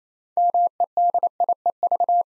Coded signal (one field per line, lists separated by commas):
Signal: Morse code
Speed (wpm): 29 wpm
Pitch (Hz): 700 Hz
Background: none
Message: MEDIEV